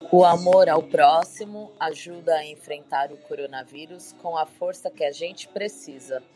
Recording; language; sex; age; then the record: spoken sentence; Brazilian Portuguese; female; 30 to 39 years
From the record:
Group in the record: control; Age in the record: 38 years